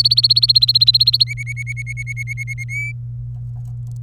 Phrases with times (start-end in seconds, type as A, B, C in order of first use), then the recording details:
0.00-1.24 A, 1.27-2.64 B, 2.69-2.92 C. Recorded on 26 April 2018 at 14:19. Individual llb3